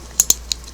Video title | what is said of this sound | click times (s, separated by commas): My New Screwdriver Set for Sewing Machine Restoration | the bits just snap right into | 0.2 s